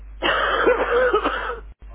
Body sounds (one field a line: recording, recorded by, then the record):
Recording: voluntary cough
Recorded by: telephone call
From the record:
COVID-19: positive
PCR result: checked with the laboratory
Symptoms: yes